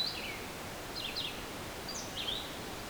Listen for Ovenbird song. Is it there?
no